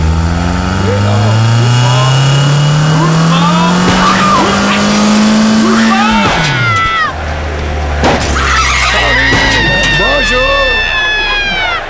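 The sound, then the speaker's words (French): A loud car engine, as the car is driven through a crowd, climbs steadily in pitch for several seconds, then cuts off abruptly into clattering crashes, squealing tires and high whining tones as the vehicle keeps driving. “Excusez-moi, il y a quelqu'un qui est sous la voiture.”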